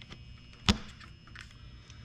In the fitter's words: snaps right in